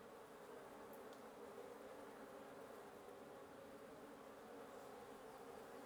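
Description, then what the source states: Wasp: steady buzzing of many wasps, an even droning hum. Wasp nest under the roof of the recordist's residence at 1a Avenida Norte 19, Antigua Guatemala, Guatemala; recorded in the morning.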